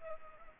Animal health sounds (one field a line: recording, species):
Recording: mosquito wingbeat signal from an infrared sensor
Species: Culex pipiens